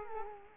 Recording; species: mosquito wingbeat signal from an infrared sensor; Culex quinquefasciatus